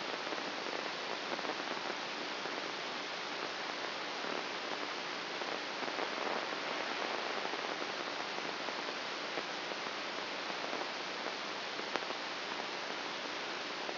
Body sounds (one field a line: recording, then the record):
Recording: brain microelectrode recording played as sound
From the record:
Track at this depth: inside the subthalamic nucleus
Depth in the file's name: 2.804 mm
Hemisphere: right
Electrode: 2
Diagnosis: Parkinson's disease